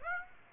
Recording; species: mosquito wingbeat signal from an infrared sensor; Aedes aegypti